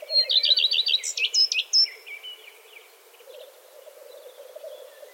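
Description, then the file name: Common redstart song phrase of quick, evenly repeated high notes breaking into a short varied flourish, then quieter trailing twitter above a steady low drone. "Gartenrotschwanz Gesang"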